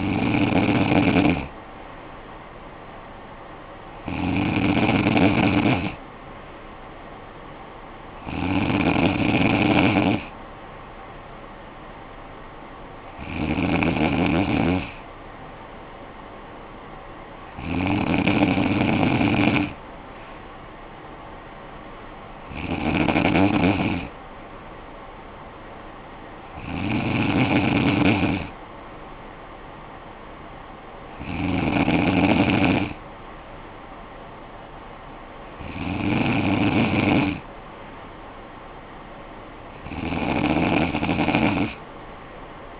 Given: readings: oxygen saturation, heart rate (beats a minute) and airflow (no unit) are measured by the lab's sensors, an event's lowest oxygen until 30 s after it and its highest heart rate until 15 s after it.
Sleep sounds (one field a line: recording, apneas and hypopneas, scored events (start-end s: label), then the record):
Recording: breathing in sleep by a voice recorder at the bedside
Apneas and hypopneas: none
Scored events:
none scored
From the record:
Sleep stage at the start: N3 (deep sleep)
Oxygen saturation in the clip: 95%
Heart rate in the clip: 53 to 59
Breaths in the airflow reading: 10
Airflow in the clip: -10.4 to 6.1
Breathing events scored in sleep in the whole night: 445 in 7.6 hours asleep